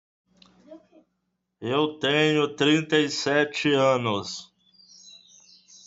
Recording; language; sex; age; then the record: short text; Brazilian Portuguese; male; 30 to 39 years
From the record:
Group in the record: control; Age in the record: 37 years